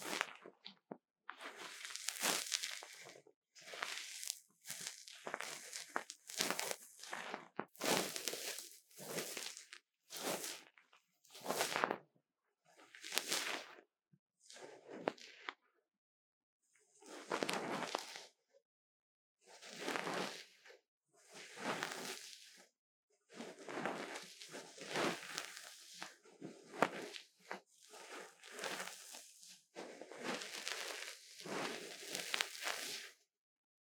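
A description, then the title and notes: Ear cleaning sounds: bursts of scratchy, rustling friction come one after another, each lasting under a second to a couple of seconds. They are bright and hissy, with near-silent gaps between them. A brief pause falls around the middle before the strokes continue steadily to the end. ASMR 3Dio 耳掃除 귀 청소 | Ear Cleaning | No Talking.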